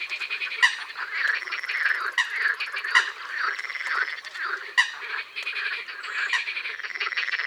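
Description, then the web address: Eurasian coot calls: sharp, explosive single notes spaced a second or two apart, with a buzzy high background. "Foulque macroule. abc de la nature"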